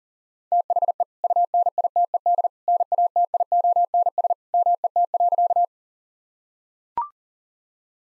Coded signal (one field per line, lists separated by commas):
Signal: Morse code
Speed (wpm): 40 wpm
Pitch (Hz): 700 Hz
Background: none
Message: THE UNITED NATIONS MET.